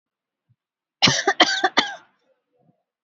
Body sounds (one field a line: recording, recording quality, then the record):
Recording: heavy voluntary cough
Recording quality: excellent, no background noise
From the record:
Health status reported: exposed to COVID-19, no respiratory illness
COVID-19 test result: negative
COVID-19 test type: RT-PCR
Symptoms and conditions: cold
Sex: female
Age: 34 years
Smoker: no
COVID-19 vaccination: one dose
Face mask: worn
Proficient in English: yes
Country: India